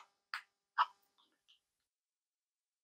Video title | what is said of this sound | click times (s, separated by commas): Ryobi FVD50K screwdriver-quick look/Head to Head 12yr old Skil (S8-E4) | Slide that in, and then you want to press it down until it clicks. | 0.3 s